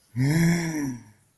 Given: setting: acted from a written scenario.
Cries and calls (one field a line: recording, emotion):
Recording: vocal sound without words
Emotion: awe